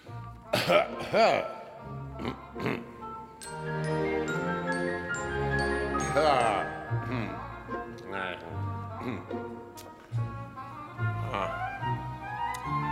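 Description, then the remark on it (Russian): An old woman steps forward and clears her throat in a few rough, gravelly bursts before speaking, over sustained musical tones that continue throughout. “Старуха выступила вперед, откашлялась и заговорила.”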